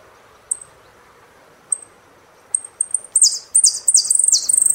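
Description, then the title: Saffron finch song: a few isolated high chips that speed up into loud, quick, falling sweeps and a brief buzzy trill. "Jilguero Argentino"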